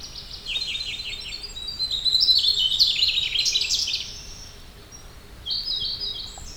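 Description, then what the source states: Mugimaki flycatcher giving a rapid, high twittering series of varied chirps and trills, rising in intensity midway, fading, then resuming briefly near the end. Recorded in Heilongjiang.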